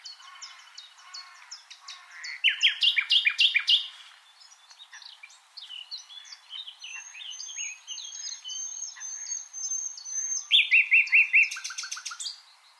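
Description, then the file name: Common nightingale song: varied phrases of sharp notes, fast rattling trills and a long thin whistled tone, loud bursts alternating with softer passages. "Luscinia megarhynchos"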